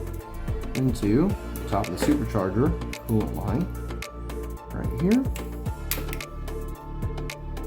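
A coolant line quick-connector from the top of the upgraded supercharger coolant reservoir on a 2016-2023 Camaro LT4 is handled and pushed toward the supercharger coolant line fitting while someone talks over steady music. A few brief taps and ticks are heard along the way, but nothing has seated or clicked yet when the clip ends.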